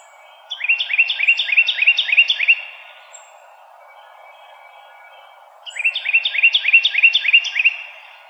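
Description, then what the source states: Carolina wren song: two loud bursts of rapidly repeated rolling phrases, about seven per burst, separated by a pause of roughly three seconds. Recorded 2007-01-04.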